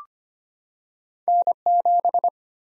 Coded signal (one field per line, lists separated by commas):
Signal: Morse code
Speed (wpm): 25 wpm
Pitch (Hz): 700 Hz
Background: none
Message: N7